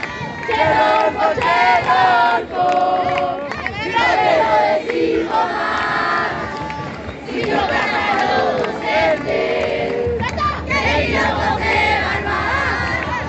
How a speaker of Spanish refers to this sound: Además, el Sindicato de Educación, que lleva 5 días de paros en 2 semanas, contó con el apoyo de toda la comunidad educativa, tanto familiares como una gran concurrencia de estudiantes que por las calles mendocinas gritaban lo siguiente.